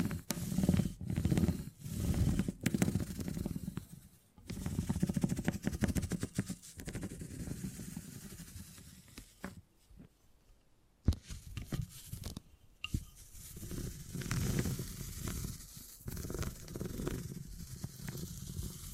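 Beeswax being handled for tingly sounds: soft sticky crackles and rubbing, with low muffled thumps and bursts of dense fine crackle. Activity comes in uneven waves with brief quiet gaps near 4, 10 and 12 seconds, then a sharp click around 11 seconds.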